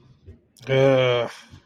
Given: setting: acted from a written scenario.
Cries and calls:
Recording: vocal sound without words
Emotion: guilt

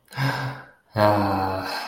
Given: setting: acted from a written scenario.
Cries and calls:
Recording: vocal sound without words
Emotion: serenity

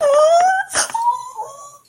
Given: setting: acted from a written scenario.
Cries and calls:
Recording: vocal sound without words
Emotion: fear

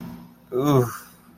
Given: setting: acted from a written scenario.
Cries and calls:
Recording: vocal sound without words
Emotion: shame

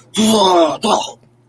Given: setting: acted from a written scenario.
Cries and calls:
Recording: vocal sound without words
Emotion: disgust

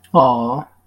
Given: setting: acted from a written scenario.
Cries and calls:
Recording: vocal sound without words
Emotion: adoration

